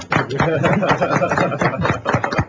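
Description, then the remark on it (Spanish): Steady applause from a group for a singer after a sung performance, a dense crackle of many hands clapping at once, loud and sustained for the whole moment without a pause. “Muy bien, vamos a aplaudirle.”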